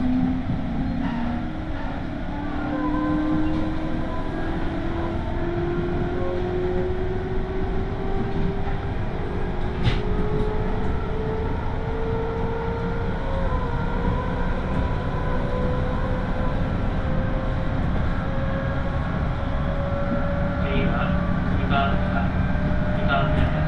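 A Tokaido Line local train runs with a steady low rumble, its motor pitch rising slowly while faint clicks and squeaks sound occasionally.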